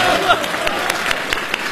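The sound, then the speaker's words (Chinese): An audience breaks into steady applause, a dense wash of many hands clapping at an even level, with sharper individual claps popping out of the crackling noise throughout. “您这还要掌声？”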